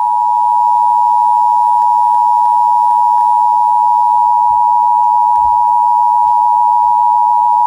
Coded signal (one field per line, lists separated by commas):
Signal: Emergency Alert System (SAME) tones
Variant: 853 and 960 Hz attention tone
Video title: THUNDER HERE, THUNDER THERE! EAS Alerts from 6/13/17 (EAS #233 - 260)